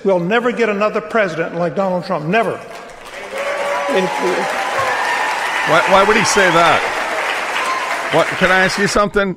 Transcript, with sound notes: We'll never get another president like Donald Trump, never.
(Crowd cheering)
Thank you.
Why, why would he say that? Wh- Can I ask you something?